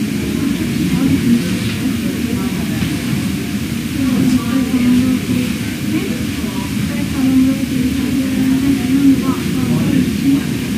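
Busy emergency room ambience with a steady, dense murmur of overlapping voices, low and muffled, holding at an even level throughout. Short tonal beeps and faint clinks surface now and then, with a constant low rumble of room noise underneath.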